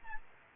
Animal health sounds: mosquito wingbeat signal from an infrared sensor; Aedes albopictus

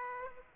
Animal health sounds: mosquito wingbeat signal from an infrared sensor; Aedes aegypti

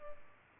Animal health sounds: mosquito wingbeat signal from an infrared sensor; Culex pipiens

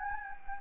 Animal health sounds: mosquito wingbeat signal from an infrared sensor; Anopheles gambiae

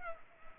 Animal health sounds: mosquito wingbeat signal from an infrared sensor; Culex pipiens

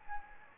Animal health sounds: mosquito wingbeat signal from an infrared sensor; Anopheles gambiae

